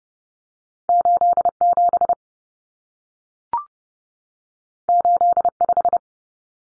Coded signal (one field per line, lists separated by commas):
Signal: Morse code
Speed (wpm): 30 wpm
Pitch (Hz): 700 Hz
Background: none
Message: 87 85